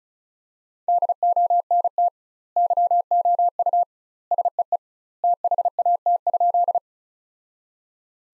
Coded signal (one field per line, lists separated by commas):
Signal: Morse code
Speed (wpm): 36 wpm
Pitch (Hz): 700 Hz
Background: none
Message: DONT YOU SEE THAT?